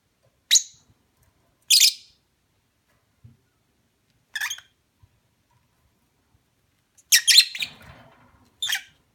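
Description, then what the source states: Lovebird shrill calls, two strong squawks early, a pause, then scattered chirps and a cluster of rapid rasping notes toward the close. Mating call.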